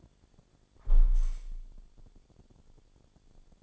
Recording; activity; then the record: daily activity, microphone in the room; close window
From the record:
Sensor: 5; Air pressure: 1000.6 hPa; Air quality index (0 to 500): 151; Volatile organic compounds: 2 ppm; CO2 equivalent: 1158 ppm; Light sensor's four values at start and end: 39/92/38/41 and 39/92/38/41